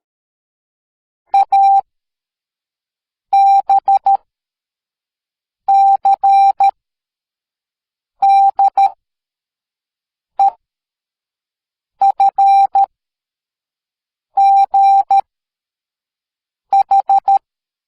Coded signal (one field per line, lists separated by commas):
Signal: Morse code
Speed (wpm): 13 wpm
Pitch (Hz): 790 Hz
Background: none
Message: A B C D E F G H